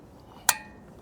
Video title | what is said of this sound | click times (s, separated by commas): How to Prevent Wheel Theft on Your Honda - Rimgard Installation | then you just heard it snap in, so make sure that arrow is facing up. | 0.5 s